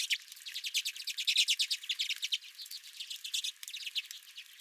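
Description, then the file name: Redpoll chatter, a rapid jumble of short dry chips, loud at first and thinning toward the end. Several redpolls recorded at the recordist's own bird feeder. "Redpolls at My Feeder"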